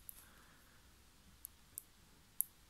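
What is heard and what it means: Spherical Zen Magnets are pushed one by one into the corners of a rectangular magnet octahedron, snapping into place with sharp clicks at 0.1, 1.5, 1.8 and 2.4 seconds, the last one the loudest. Between the clicks it is nearly silent, and the corner magnets end up seated on the structure.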